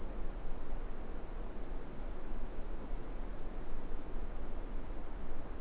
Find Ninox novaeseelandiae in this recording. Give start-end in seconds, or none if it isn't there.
none